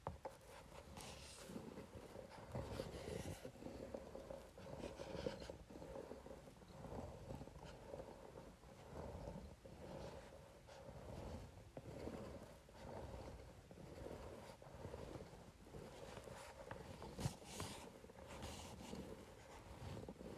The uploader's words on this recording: ASMR Facial Roller on Paper.